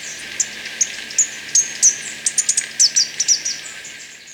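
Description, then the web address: Capped conebill calls: a run of sharp, very high chip notes, starting spaced and then coming faster and closer together before trailing off. Recorded in Ecuador. "Natures Songs S America Birds of Ecuador. Capped Conebill"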